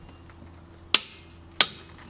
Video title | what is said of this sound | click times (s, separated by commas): How to FIX Your Maserati Granturismo PART 3! (Brake Fluid Change) | you hear two clicks like that and that's it that's done | 0.9 s, 1.6 s